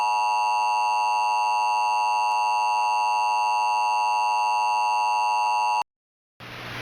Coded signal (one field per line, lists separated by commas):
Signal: Emergency Alert System (SAME) tones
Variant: 853 and 960 Hz attention tone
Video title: EAS Concept: Special Marine Watch